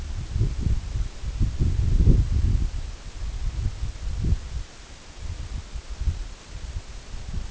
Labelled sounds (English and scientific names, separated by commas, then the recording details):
none
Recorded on Arctic tundra, site EABA-1, on 24 June 2018
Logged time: 10:00